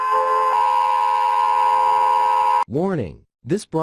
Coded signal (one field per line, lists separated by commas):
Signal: Emergency Alert System (SAME) tones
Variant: 853 and 960 Hz attention tone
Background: speech